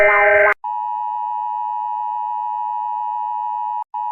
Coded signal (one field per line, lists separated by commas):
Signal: Emergency Alert System (SAME) tones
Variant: 853 and 960 Hz attention tone